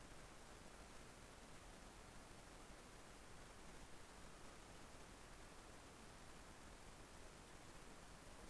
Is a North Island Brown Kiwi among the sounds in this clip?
no